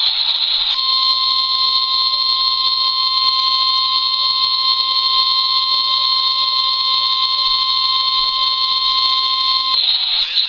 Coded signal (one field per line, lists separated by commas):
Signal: Emergency Alert System (SAME) tones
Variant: 1050 Hz attention tone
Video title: Mississippi's Required Monthly Test on WCPR-FM (via the WCPR app)